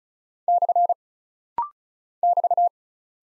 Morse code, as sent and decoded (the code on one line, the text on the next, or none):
-..-. / -...-
/ <BT>